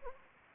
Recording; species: mosquito wingbeat signal from an infrared sensor; Anopheles gambiae